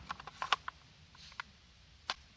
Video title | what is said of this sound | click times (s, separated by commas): Cold Steel Kukri Initial Impressions | You've got a nice click in. | 2.1 s